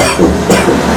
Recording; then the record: coughing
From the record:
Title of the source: Residual Phlegmy Morning Coughing and Gagging